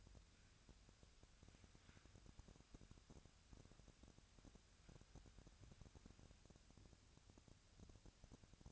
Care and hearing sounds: daily activity, microphone in the room; wipe stove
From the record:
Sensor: 2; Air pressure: 1006.9 hPa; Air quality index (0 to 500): 198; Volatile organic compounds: 13 ppm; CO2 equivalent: 2421 ppm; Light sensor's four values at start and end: 9/23/9/10 and 9/23/9/9

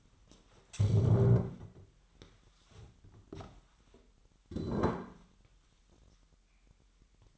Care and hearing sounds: daily activity, microphone in the room; stand up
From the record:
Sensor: 3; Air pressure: 998.5 hPa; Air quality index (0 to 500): 127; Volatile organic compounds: 3 ppm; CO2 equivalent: 1518 ppm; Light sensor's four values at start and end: 7/17/7/7 and 8/19/8/9

